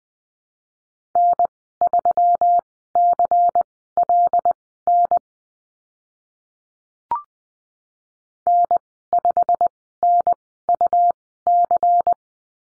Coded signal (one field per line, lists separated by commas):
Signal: Morse code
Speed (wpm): 20 wpm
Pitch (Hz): 700 Hz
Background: none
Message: N3CLN N5NUC